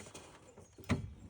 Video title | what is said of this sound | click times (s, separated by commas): Honda Odyssey LED Headlight Upgrade - AUTOONE | And then you'll feel it almost snap in place. | 0.9 s